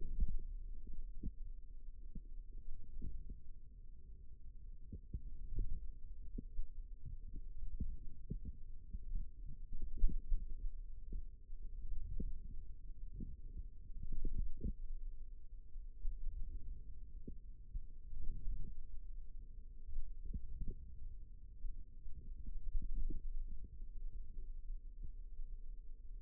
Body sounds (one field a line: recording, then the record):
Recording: forearm muscle sounds (acoustic myography)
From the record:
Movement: hand opening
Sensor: system 2, bracelet of six BSWA MPA416 microphones around the upper forearm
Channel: 4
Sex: female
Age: 22 years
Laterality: right